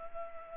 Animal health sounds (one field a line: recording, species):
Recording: mosquito wingbeat signal from an infrared sensor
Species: Culex pipiens